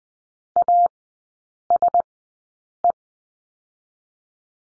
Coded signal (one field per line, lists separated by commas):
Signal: Morse code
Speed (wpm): 20 wpm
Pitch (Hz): 700 Hz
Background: none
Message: ASE